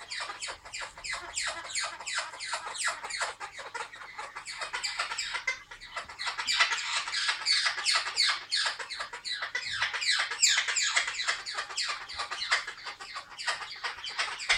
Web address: sinegolovyi cernouxii brazilskii popugai pionus. parrots pionus-menstruus